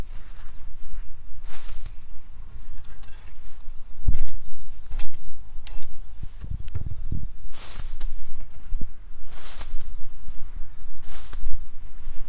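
Garlic cloves are planted in autumn soil, with soft scraping and brushing of earth, sharp clicks near four seconds, and low rumbling throughout.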